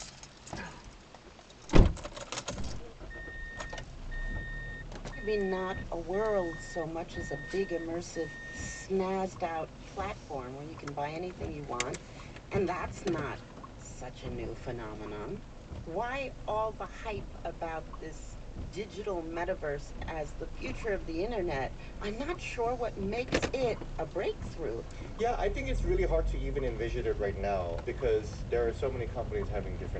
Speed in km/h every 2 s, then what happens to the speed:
0, 0, 0, 0, 0, 0, 2, 2, 3, 3, 2, 0, 6, 13, 13.
0-14 standing. 14-20 steady at about 2. 20-23 standing. 23-26 pulls away to 13.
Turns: none.